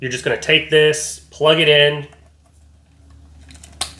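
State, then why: Seated. Someone talks, then a battery plug is pushed into the power connector of a Hendee Kids 25 mph RC pool racer boat, with a few faint clicks of handling. A sharp, loud snap at 3.8 s marks the plug seating securely in the connector.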